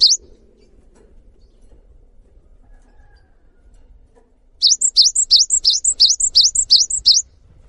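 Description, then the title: Cinereous tit: one brief high note at the start, a long quiet gap, then a rapid run of several sharp, repeated two-note whistled phrases. Actively singing bird giving its long 'wucit' song style, said to draw other birds of its kind into singing along. "GELATIK BATU GACOR WUCIT PANJANGNYA BIKIN GELATIK LAIN JADI TERPANCING UNTUK IKUT BUNYI"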